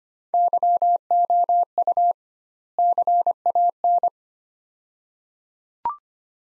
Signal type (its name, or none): Morse code